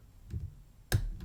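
Under light tension, a deep hook pick gently lifts pin three of a paracentric-keyway pin tumbler lock cylinder. After a couple of faint ticks around 0.3 s, a sharp, bright click at 0.9 s marks the pin setting at the shear line, followed by a softer tick near 1.2 s.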